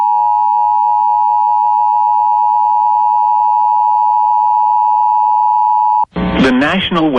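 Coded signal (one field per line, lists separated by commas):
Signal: Emergency Alert System (SAME) tones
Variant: 853 and 960 Hz attention tone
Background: speech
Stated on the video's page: Tornado warning for southeast Missouri received on NOAA Weather Radio.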